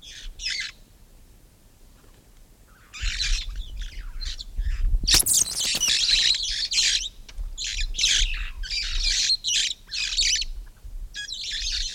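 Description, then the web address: Red-fronted parrot squawking harshly, a single call then, after a pause, a dense irregular volley of rasping screeches. "parrots poicephalus-gulielmi"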